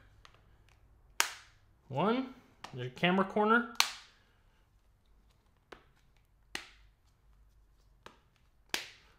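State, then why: Seated. The corners of a clear plastic Dbrand Ghost case are pressed one by one onto an iPhone 15 Pro Max, giving a sharp click at 1.2 s before someone talks briefly. Crisp snaps follow as the corners click into place at 6.5 s and 8.7 s, with fainter ticks in between. The case corners seat firmly on the phone.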